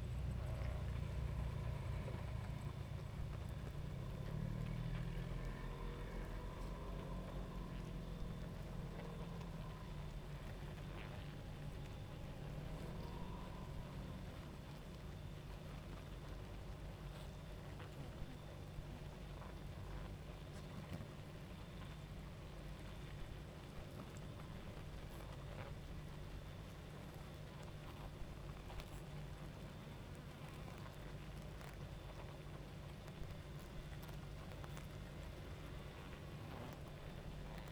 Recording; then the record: honeybee colony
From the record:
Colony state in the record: active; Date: 28 July 2017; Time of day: 23:03